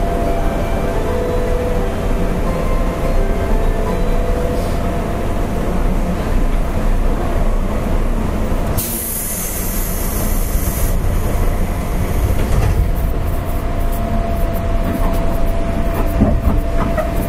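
Running noise heard from inside a commuter electric train on a loop line, a dense low rumble of wheels and motor that stays steady throughout. Around nine seconds a bright hiss rises and lasts a few seconds, with a faint steady whine and clattering rail joints underneath.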